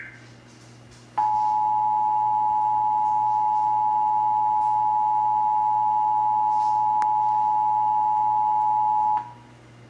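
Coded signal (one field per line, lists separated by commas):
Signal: Emergency Alert System (SAME) tones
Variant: 853 and 960 Hz attention tone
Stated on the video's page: Texas required monthly test heard on several radio and television stations.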